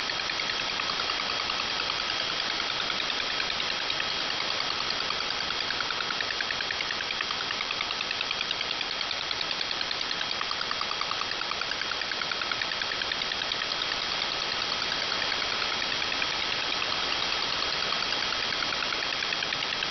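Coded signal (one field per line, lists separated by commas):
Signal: multi-tone FSK (Olivia or MFSK type)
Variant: 4-FSK, 4 channels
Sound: rapid chirpy tones jumping between pitches over hiss, with two steady faint whines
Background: radio static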